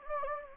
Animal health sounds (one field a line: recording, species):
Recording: mosquito wingbeat signal from an infrared sensor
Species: Anopheles gambiae